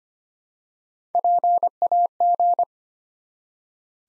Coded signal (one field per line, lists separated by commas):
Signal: Morse code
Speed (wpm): 25 wpm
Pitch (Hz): 700 Hz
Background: none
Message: PAG